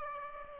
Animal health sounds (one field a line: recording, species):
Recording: mosquito wingbeat signal from an infrared sensor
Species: Aedes aegypti